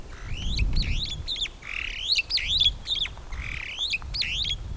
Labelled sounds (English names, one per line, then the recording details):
Superb Starling flight call
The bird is a female
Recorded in Kenya on 24 April 2009 at 10:50
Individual 102, of group SRB2